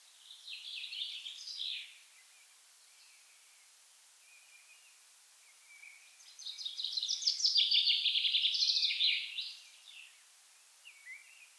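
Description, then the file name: Common chaffinch song: a phrase near the start, then a louder, longer descending rattling phrase. "Fringilla coelebs"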